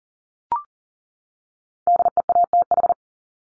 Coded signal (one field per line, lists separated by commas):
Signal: Morse code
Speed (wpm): 40 wpm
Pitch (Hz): 700 Hz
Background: none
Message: DEATH